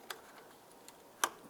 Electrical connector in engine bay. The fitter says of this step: press that in listen for a click lock it down